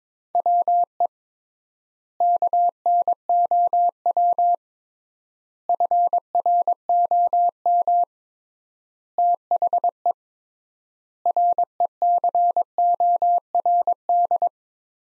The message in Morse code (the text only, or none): WE KNOW FROM THE RECORD